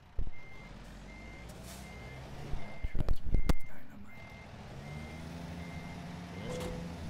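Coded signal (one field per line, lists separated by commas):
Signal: none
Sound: truck reversing beeps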